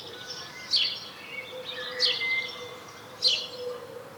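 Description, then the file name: House sparrow uttering three sharp, bright chirps over four seconds, with a faint low hum behind. "Passer domesticus"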